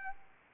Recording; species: mosquito wingbeat signal from an infrared sensor; Anopheles arabiensis